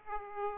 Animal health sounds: mosquito wingbeat signal from an infrared sensor; Aedes aegypti

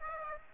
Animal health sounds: mosquito wingbeat signal from an infrared sensor; Aedes aegypti

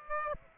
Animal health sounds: mosquito wingbeat signal from an infrared sensor; Aedes aegypti

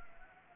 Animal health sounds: mosquito wingbeat signal from an infrared sensor; Anopheles gambiae

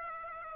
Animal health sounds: mosquito wingbeat signal from an infrared sensor; Aedes aegypti

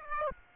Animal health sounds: mosquito wingbeat signal from an infrared sensor; Aedes aegypti

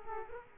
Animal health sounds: mosquito wingbeat signal from an infrared sensor; Culex quinquefasciatus

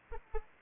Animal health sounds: mosquito wingbeat signal from an infrared sensor; Anopheles arabiensis

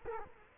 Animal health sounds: mosquito wingbeat signal from an infrared sensor; Culex quinquefasciatus

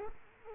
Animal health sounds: mosquito wingbeat signal from an infrared sensor; Culex quinquefasciatus

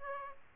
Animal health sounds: mosquito wingbeat signal from an infrared sensor; Aedes aegypti

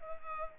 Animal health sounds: mosquito wingbeat signal from an infrared sensor; Culex pipiens

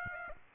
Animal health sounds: mosquito wingbeat signal from an infrared sensor; Aedes aegypti

